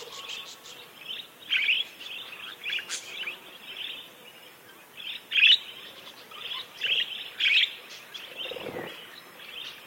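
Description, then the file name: Parakeets calling in a flock: scattered chirps with repeated louder squawky bursts over soft background twittering. A flock of parakeets calling together. "suara kawanan burung parkit"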